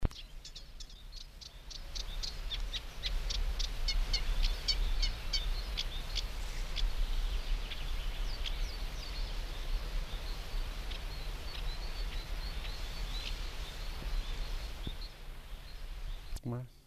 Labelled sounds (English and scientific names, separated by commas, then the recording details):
Eurasian Reed Warbler (Acrocephalus scirpaceus) song
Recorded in the wild
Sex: male
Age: adult
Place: Schönerlinde, Naturpark Barnim, Brandenburg, DE
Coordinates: 52.6511, 13.4058
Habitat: pond
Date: 1991-06-09
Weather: slightly sunny, 15 - 16°C, light winds
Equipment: Marantz, Sennheiser ME 80, Kopie Tesla B 116
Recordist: Tembrock, Günter
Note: Schönerlinder Teiche. Gesang